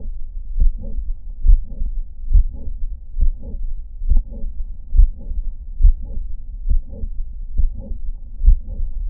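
Regular heartbeat near 69 per minute with a late systolic murmur, typical of mitral valve prolapse.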